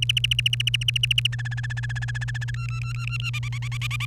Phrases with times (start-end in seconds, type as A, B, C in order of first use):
0.02-1.27 A, 1.32-2.51 B, 2.54-3.30 C, 3.33-4.05 D